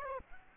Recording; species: mosquito wingbeat signal from an infrared sensor; Aedes aegypti